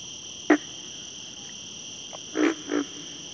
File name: pig frog